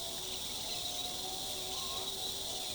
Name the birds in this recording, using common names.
none